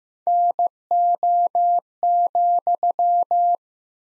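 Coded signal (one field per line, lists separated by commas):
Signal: Morse code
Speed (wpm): 15 wpm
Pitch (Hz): 700 Hz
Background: none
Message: NO,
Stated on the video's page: Practice sentences from the top 300 words at 15 wpm with double word spacing, a word-based variant of Farnsworth spacing.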